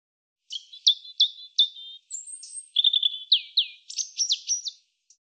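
European robin song opening with repeated short high notes, then a thin sustained whistle and fast twittering descending slurs, all clear against silence.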